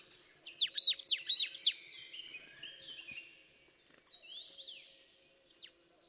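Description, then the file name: Marsh tit calls: a brief cluster of four or five loud, sharp, high notes, followed by fainter thin sliding notes against a quiet background. "Poecile palustris"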